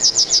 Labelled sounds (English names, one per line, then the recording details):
Yellowhammer song
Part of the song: start
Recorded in the Czech Republic on 23 May 2015
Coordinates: 50.012, 16.238
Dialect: BE
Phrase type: G13
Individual ch018